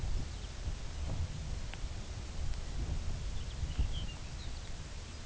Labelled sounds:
Lapland Longspur
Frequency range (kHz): Lapland Longspur 1.7-5.5 kHz
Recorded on Arctic tundra, site UTQI-2, on 15 June 2019
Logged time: 22:00

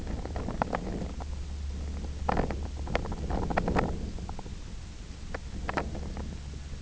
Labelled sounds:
none
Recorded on Arctic tundra, site IGLO-F, on 24 June 2018
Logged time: 20:00

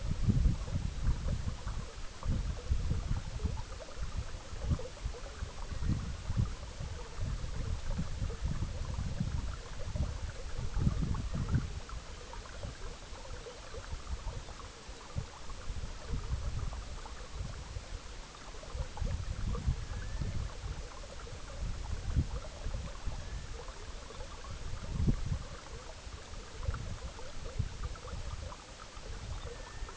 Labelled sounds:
unidentified sound
Arctic Tern
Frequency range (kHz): Arctic Tern 2.3-4.4 kHz
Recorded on Arctic tundra, site EABA-MC, on 19 June 2019
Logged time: 22:00

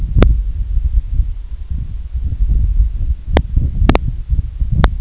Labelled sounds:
Red-throated Loon
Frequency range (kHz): Red-throated Loon 0.3-1.6 kHz
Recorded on Arctic tundra, site IGLO-A, on 25 June 2018
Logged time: 01:59

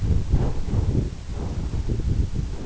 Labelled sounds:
none
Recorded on Arctic tundra, site EABA-1, on 26 June 2018
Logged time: 00:00

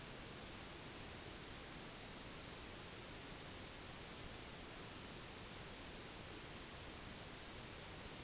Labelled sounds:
none
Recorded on Arctic tundra, site NAIT-1, on 1 July 2019
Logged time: 08:00

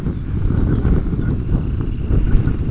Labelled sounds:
unidentified sound
Dunlin
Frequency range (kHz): Dunlin 2.0-3.5 kHz
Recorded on Arctic tundra, site UTQI-5, on 26 June 2018
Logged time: 20:00

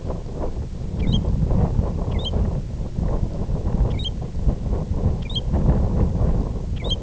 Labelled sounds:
American Golden-plover
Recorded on Arctic tundra, site IGLO-F, on 19 June 2018
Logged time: 00:00

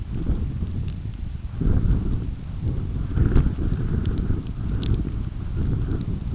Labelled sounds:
none
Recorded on Arctic tundra, site UTQI-5, on 29 June 2018
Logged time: 02:00

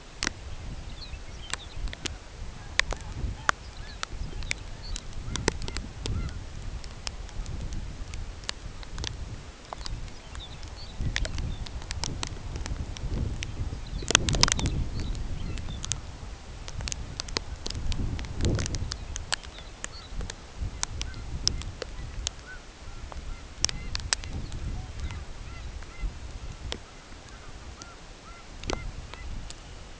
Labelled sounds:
Lapland Longspur
unidentified sound
Dunlin
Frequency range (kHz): Lapland Longspur 1.6-6.3 kHz; Dunlin 2.3-3.7 kHz
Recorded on Arctic tundra, site CORI-1, on 13 June 2018
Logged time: 16:00

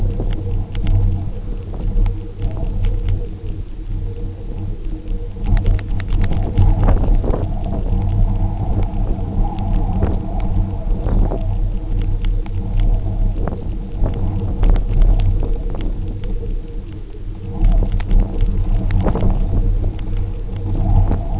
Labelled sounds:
none
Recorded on Arctic tundra, site UTQI-0, on 27 June 2018
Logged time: 10:00

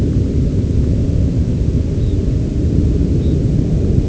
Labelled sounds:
Red Phalarope
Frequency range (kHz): Red Phalarope 3.3-4.3 kHz
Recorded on Arctic tundra, site UTQI-0, on 11 June 2019
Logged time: 08:00

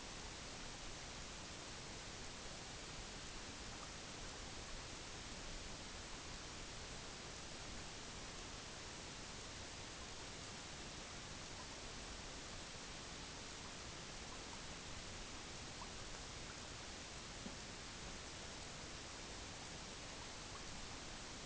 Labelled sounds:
none
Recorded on Arctic tundra, site EABA-MC, on 22 June 2019
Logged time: 18:00

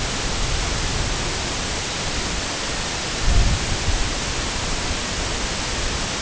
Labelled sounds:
none
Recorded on Arctic tundra, site IGLO-A, on 22 June 2018
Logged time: 05:59

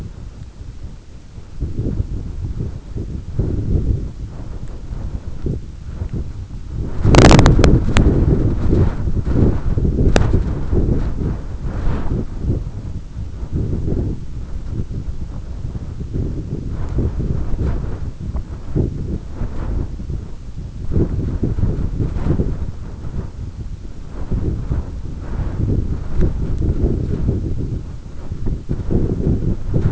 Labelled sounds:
none
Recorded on Arctic tundra, site EABA-1, on 22 June 2018
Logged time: 14:00

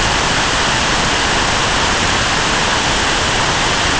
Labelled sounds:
none
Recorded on Arctic tundra, site NAIT-1, on 25 June 2018
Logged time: 03:00

